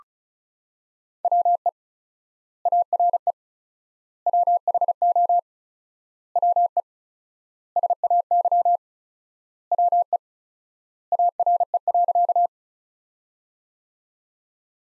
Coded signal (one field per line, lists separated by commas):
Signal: Morse code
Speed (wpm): 36 wpm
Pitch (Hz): 700 Hz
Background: none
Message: WE ARE WHO WE SAY WE ARE.